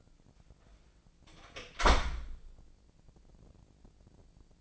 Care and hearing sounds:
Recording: daily activity, microphone in the room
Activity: close door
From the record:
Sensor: 5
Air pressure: 1012.5 hPa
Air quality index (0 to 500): 156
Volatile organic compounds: 2 ppm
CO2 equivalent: 1064 ppm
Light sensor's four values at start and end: 216/528/220/240 and 211/513/214/233

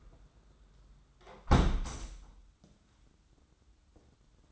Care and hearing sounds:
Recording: daily activity, microphone in the room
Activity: close window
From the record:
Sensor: 3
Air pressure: 994.4 hPa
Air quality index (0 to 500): 206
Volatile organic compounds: 1000 ppm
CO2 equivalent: 6899 ppm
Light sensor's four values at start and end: 95/223/90/83 and 93/221/89/81

